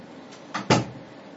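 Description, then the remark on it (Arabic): A door swings and shuts with a brief scrape followed by a solid, low thud, the two sounds coming in quick succession before things fall quiet again. “يلا عليكم السلام، صك الباب، الباب.”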